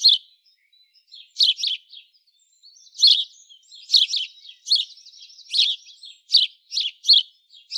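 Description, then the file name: House sparrow chirping calls, short harsh chirps in irregular bursts of two or three, with a brief buzzy rattle midway and no other clear sounds. "Passer domesticus"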